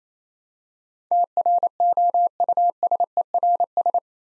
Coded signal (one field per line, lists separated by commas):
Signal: Morse code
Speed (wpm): 27 wpm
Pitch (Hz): 700 Hz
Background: none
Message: TROUSERS